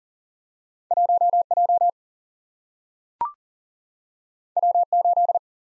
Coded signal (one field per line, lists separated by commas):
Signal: Morse code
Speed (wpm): 42 wpm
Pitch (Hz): 700 Hz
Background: none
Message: 1 J W 8